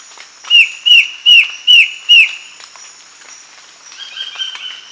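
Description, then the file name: Bird giving five clear, slurred whistled notes in a steady row, then a softer double-toned phrase near the end. "SABIOD 50 bird 2015"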